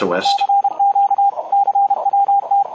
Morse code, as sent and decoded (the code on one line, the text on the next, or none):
-.-. --.- / -.-. .-- -
CQ CWT